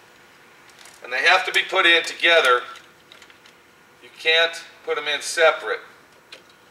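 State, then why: Seated. Someone talks while harness wire terminals are pushed together into the steering column connector housing on an old car. A single sharp click is heard at 6.3 seconds as the terminals seat in the connector.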